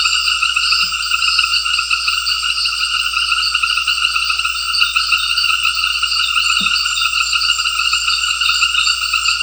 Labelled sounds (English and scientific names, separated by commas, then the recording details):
none
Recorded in secondary vegetation near Puerto Asís, Putumayo, Colombia, on 9 March 2025 at 18:30
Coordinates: 0.498, -76.327
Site G001